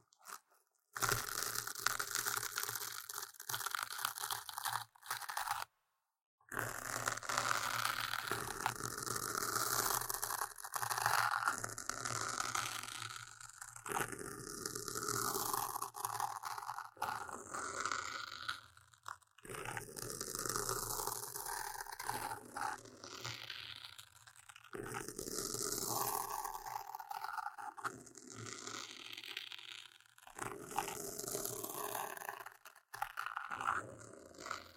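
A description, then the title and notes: Intense scratching fills the recording, dense and crackly with a bright, grainy edge and a steady low hum underneath. It runs in long bursts broken by brief silences near 1, 6 and 33 seconds, with the texture shifting between rasping, clicking and crunching strokes. Tingly Intense Scratching | NO Talking.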